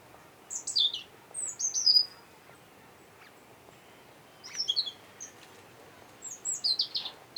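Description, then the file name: European robin delivering several short bursts of high, sharp, tinkling notes, each a second or so long with pauses between, over a quiet hissy background. "Erithacus rubecula"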